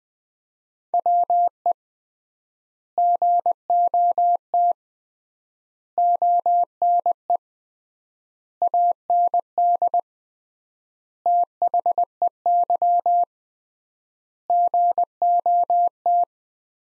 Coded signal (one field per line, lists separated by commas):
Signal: Morse code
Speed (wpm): 20 wpm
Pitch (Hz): 700 Hz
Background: none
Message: WE GOT ONE AND THEY GOT